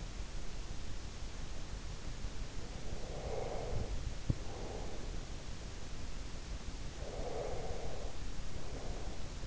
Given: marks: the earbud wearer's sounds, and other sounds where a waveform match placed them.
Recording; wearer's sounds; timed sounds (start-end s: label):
sounds in sleep by an in-ear microphone; breath
2.93-5.33 s: breath
4.16-4.53 s: sound from someone else or the room
6.79-9.47 s: breath